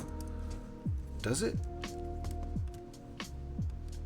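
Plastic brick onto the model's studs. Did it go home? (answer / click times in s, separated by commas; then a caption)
no / none. Someone talks over background music while a plastic LEGO element from a Star Wars set 75312 alternate build (Boba's Stingray I) is pressed again onto the model's studs to check the second connection. Only faint light ticks are heard, and nothing clicks: the brick fails to click in and just sits there.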